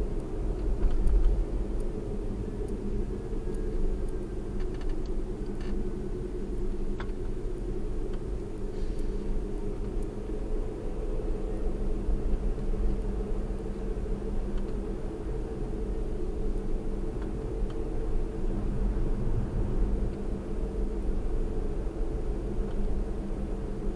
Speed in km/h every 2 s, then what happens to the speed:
48, 45, 40, 40, 42, 47, 48, 48, 48, 50, 50, 52.
0-4 slows to 40. 7-11 speeds up to 48. 11-24 steady at about 48.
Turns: none.